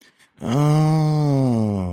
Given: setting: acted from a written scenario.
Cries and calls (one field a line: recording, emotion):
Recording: vocal sound without words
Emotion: realization